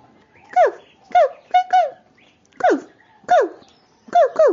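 A dog lets out about eight short, whiny yelps and barks, each sliding down in pitch, coming in uneven bursts with some quick pairs and brief pauses between.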